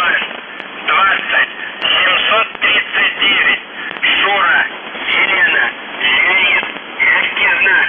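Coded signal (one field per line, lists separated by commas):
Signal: numbers station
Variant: UVB-76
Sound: a voice speaking steadily over a narrow radio channel, with brief pauses between phrases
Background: radio static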